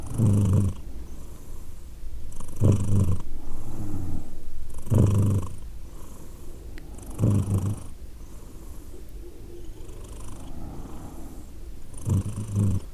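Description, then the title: Cat purring in several deep rumbling surges, with a softer hum between surges. Domestic cat named Edith purring in Glasgow, Scotland, in December 2023. "Edith purring, Glasgow, Scotland in December 2023 – by Steve Urquhart"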